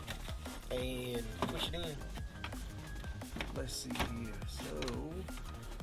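A plastic DRL fog light bezel is lined up at the front bumper opening of a 3rd gen Mazda 6 to be pushed in until its retaining clips snap. Someone talks over music, with a few brief sharp handling knocks. Nothing has seated or clicked yet.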